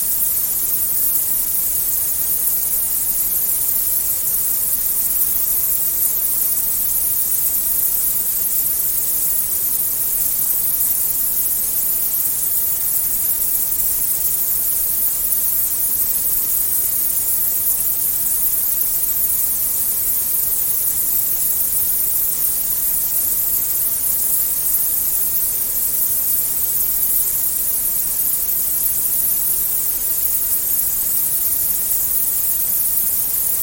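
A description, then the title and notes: White noise plays without a break, a dense, even hiss that never changes in level or texture across the whole stretch. The sound leans bright, with a strong airy top, and there are no separate events or background sounds. White Noise.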